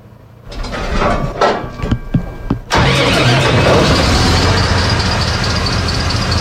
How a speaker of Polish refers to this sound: To jest pompa Global Pump, która jest wyposażona w silnik diesla w układzie V.